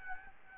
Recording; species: mosquito wingbeat signal from an infrared sensor; Aedes albopictus